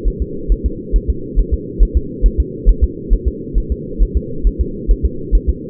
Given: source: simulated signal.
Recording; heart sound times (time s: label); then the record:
fetal heart sounds
0.08 s: S1
0.22 s: S2
0.52 s: S1
0.66 s: S2
0.96 s: S1
1.10 s: S2
1.39 s: S1
1.54 s: S2
1.83 s: S1
1.97 s: S2
2.26 s: S1
2.40 s: S2
2.69 s: S1
2.84 s: S2
3.13 s: S1
3.28 s: S2
3.58 s: S1
3.72 s: S2
4.02 s: S1
4.17 s: S2
4.47 s: S1
4.61 s: S2
4.91 s: S1
5.05 s: S2
5.35 s: S1
5.49 s: S2
From the record:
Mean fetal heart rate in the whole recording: 135 bpm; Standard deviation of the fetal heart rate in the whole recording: 3 bpm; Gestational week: 36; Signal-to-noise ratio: -4.3 dB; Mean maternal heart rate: 72 bpm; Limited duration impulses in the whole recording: absent